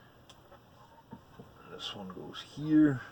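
An internal cable connector is plugged into its circuit board header while a vintage Icom IC-735 radio transceiver is reassembled during a memory battery replacement. A short, sharp click at 0.3 s marks the connector seating, and someone talks afterward. The connector clicks in and is firmly seated.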